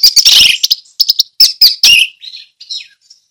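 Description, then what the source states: Orange-headed thrush: a dense burst of harsh, clicking notes and high chirps, trailing into faint soft warbles. Song in the ngeplong style.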